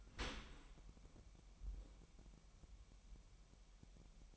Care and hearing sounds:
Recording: daily activity, microphone in the room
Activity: open dishwasher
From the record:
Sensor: 1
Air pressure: 998.2 hPa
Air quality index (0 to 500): 140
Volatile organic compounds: 4 ppm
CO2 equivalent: 1673 ppm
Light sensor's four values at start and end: 16/54/21/22 and 16/54/21/22

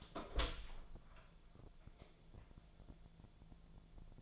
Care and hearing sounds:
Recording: daily activity, microphone in the room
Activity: open door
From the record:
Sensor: 5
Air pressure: 1000.6 hPa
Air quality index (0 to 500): 157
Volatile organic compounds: 2 ppm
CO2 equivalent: 1210 ppm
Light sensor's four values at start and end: 47/111/46/49 and 47/110/46/49

